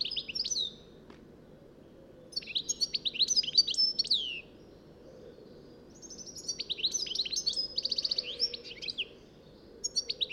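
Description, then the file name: European goldfinch song: repeated bursts of fast liquid twitters and chirps with a short rattling trill, broken by brief pauses, over low background hum. "Carduelis carduelis"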